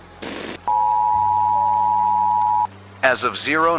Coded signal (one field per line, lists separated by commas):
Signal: Emergency Alert System (SAME) tones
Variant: 853 and 960 Hz attention tone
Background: speech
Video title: Alien Entities Suddenly Appear | EAS Alert - Fictional Radio broadcast